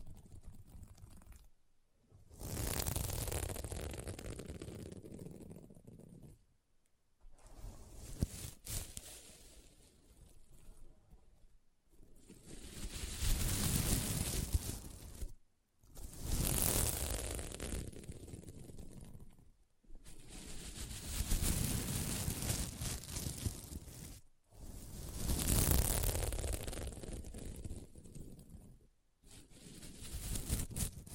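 Sequin pillow scratched in repeated rasping sweeps of several seconds each, bright, separated by brief silences about every four to five seconds.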